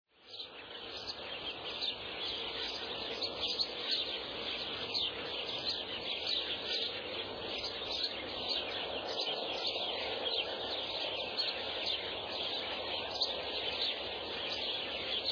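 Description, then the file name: Birds chirp in a dense, overlapping chorus of rapid high tweets and twitters, continuous throughout. At dawn. "gallo y pajaros al amanecer"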